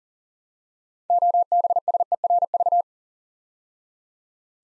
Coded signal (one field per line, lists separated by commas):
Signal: Morse code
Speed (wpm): 40 wpm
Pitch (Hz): 700 Hz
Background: none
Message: OBSERV